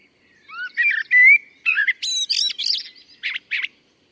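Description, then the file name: Common blackbird song: a few low, mellow fluted notes, then higher squeaky twitters, ending in two short buzzy notes. "Turdus merula"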